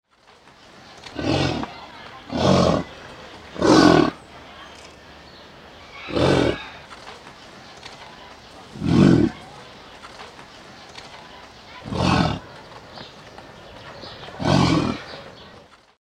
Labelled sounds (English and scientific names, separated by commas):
American Bison (Bison bison)